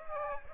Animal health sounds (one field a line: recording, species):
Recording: mosquito wingbeat signal from an infrared sensor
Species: Aedes aegypti